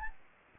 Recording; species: mosquito wingbeat signal from an infrared sensor; Anopheles gambiae